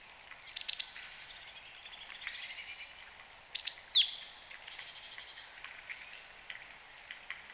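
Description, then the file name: Marsh tit calling with two bursts of quick, very high sharp notes, the second ending in a downward squeaky slur, amid faint high chatter. "Poecile palustris"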